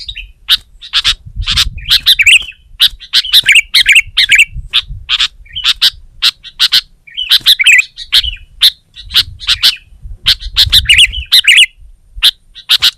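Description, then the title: Sooty-headed bulbul calling steadily with sharp chirps and bubbly rising-falling phrases, nearly continuous throughout, over a faint low rumble. "kutilang"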